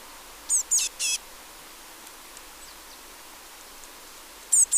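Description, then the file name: Eurasian blue tit calls in short groups of rapid, high, slightly buzzy notes, three bursts early and one more near the end, over light hiss. "Cyanistes caeruleus"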